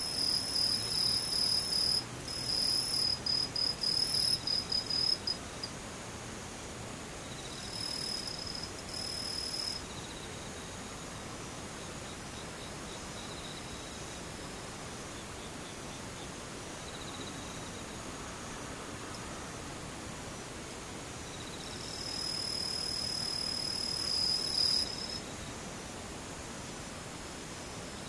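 Insects chirr in high, thin trills that come in bursts: a pulsing run over the first five seconds, a shorter spell around eight to ten seconds, and another from about twenty-two to twenty-five. Between them a soft, steady hiss fills the background.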